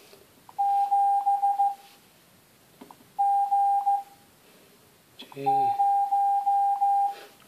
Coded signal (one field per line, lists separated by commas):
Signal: Morse code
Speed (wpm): 14 wpm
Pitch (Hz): 800 Hz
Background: none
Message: 7 G 0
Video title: G0HYN - Android morse code teaching application - Test 2